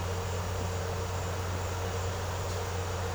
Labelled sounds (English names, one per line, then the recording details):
none
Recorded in secondary vegetation near Puerto Asís, Putumayo, Colombia, on 4 March 2025 at 15:30
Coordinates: 0.468, -76.324
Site G059